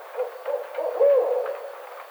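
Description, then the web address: Barred owl uttering a few low hoots followed by a loud, sliding, drawn-out note that falls away in the second half. Recorded on 29 May 2009. "Barred Owl 2009 05 29 Barred Owl"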